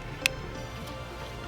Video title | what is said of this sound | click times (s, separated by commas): VOLVO 240 Fixing Power Door Locks and WIndow Switch DIY 11.22.16 | Oops, I didn't click the other side. | 0.3 s